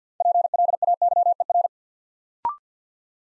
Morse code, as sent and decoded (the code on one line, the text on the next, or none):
.--. .-.. .- -.-- . .-.
PLAYER